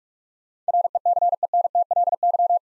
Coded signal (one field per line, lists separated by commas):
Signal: Morse code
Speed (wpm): 46 wpm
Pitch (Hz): 700 Hz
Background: none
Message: RECENTLY